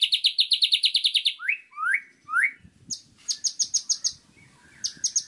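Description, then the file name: White-rumped shama song starting with a quick pulsed trill, then three rising whistled slurs, followed by sharp high rapid notes and faint low rustling. Training recording of murai batu song intended for teaching captive songbirds, known as masteran. "suara masteran murai batu"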